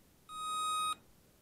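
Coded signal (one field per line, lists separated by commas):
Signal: beep code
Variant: BLHeli ESC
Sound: one long steady mid-pitched beep, about two-thirds of a second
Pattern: 1 long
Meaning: A long beep marks programming menu item five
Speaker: four and then this will change long beep that's five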